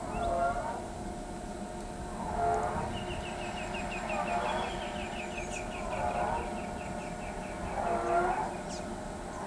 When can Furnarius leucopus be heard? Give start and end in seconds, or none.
2.92-8.18